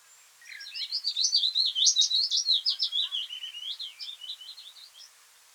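Willow warbler song: a single sweet, high phrase of quick whistled notes lasting about four and a half seconds, fading at the end.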